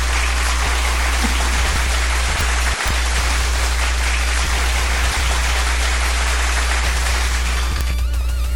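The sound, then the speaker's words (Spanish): Audience applause: a dense, steady wash of many hands clapping that holds at an even, fairly loud level for about eight seconds, with no voices over it. “Es más, vamos a darle un aplauso.”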